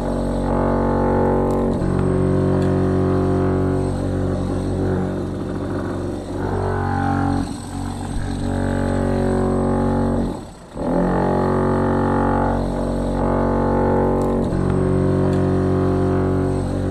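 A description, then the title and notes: A drill runs loud as it bores into a basement's outer wall, a dense, steady whine with a low grinding hum beneath. The pitch wavers slightly as it bites, and the motor briefly eases off near the ten-second mark before surging back. The sound of Willy drilling a hole in the exterior wall of the basement to put in a new spigot. Recorded by Dan Bodah in his kitchen, Brooklyn NY, March 2009.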